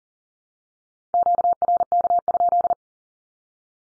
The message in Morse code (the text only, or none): QRK?